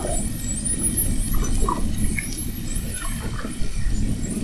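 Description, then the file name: Spinner dolphin whistles, thin high sweeps faintly heard through heavy low underwater rumble. Whistles, recorded at Fernando de Noronha. "Sons rotadores FN assovios"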